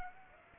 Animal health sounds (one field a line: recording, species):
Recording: mosquito wingbeat signal from an infrared sensor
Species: Aedes aegypti